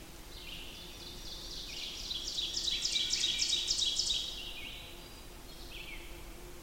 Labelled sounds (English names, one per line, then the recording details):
Ovenbird song
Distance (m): 55 m
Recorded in boreal forest in Alberta, Canada, on 14 June 2016 at 06:17
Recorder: SongMeter 3, array SBT-3-33
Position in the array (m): 283 m, 288 m
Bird 22